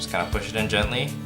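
A dried, hand-made figure arm is pushed gently onto a peg on the torso of a custom ball-joint system while someone talks over background music. The arm is only being handled, and nothing has seated or clicked yet.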